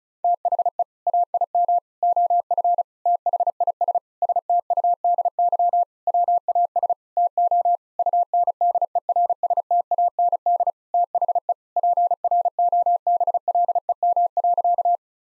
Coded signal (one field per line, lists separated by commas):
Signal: Morse code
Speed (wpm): 34 wpm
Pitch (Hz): 700 Hz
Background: none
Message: THE AIM OF THIS STUDY WAS TO UNDERSTAND THE PROBLEM.